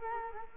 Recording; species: mosquito wingbeat signal from an infrared sensor; Culex quinquefasciatus